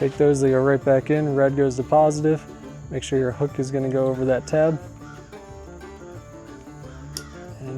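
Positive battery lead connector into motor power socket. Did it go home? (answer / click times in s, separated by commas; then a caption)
yes / 7.2 s. Someone talks over background music while pushing the red positive battery lead connector into the power socket of a Newport Vessels NK300 kayak motor on a NuCanoe Unlimited, so its latch hook rides over the tab. A sharp click is heard at 7.2 s as the connector seats and locks in, so it can no longer be pulled out.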